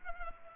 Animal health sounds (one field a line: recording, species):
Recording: mosquito wingbeat signal from an infrared sensor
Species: Culex pipiens